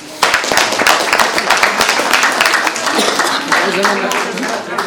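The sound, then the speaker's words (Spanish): A crowd in Achocalla, at the mayor's handover of a motorcycle and sound equipment to District 7, gives a lukewarm round of applause: uneven clapping that starts abruptly and carries on steadily for about five seconds, with murmuring voices mixed in underneath. “Bien, hermanos, hermanas, parece que estamos muy desmotivados, por ahí hay mucho cariño, poco cariño, no sé cómo es, pero aplaudiremos muy fuerte a los hermanos”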